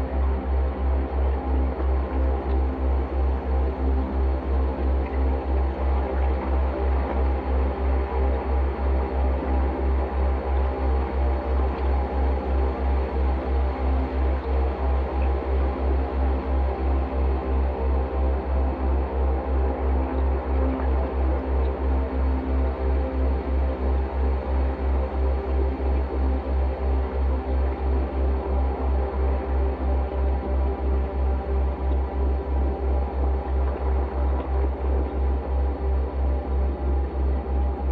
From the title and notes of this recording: This is a two hour binaural at 3 Hz on a carrier of 65.4 Hz (in the key of C). It's based off a field recording of the full duty cycle of a Bosch Dishwasher, slowed down and resonated into a swirling, evolving drone.